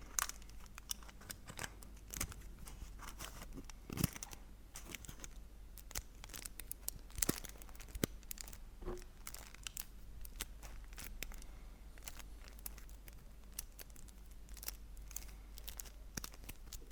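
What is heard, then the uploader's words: Chocolate wrappers are crinkled and handled, giving a dense run of sharp, bright crackles and small snaps throughout. Louder crisp bursts stand out around 4, 7 and 8 seconds. A low steady hum sits underneath. Crinkle sounds on Kinder Chocolate.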